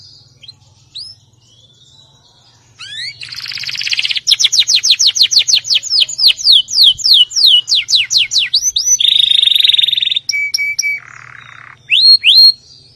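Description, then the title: Canary song with scattered chirps, a buzzy burst, a long run of fast falling whistles, then buzzy rolls and rising notes over a low steady hum. "Kenari"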